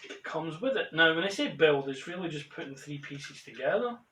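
Someone talks while handling the pieces of a three-piece plastic toy Batmobile, getting ready to press a plastic body piece onto the vehicle. Nothing has seated or clicked yet; the piece is not yet home when the clip ends.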